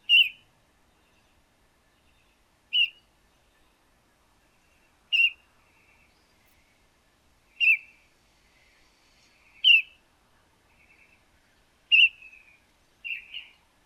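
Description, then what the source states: Red-whiskered bulbul giving short, harsh chirps repeated about every two and a half seconds, seven calls in all, the final one doubled, with no other clear sounds. Juvenile bird, recorded 20 May 2012.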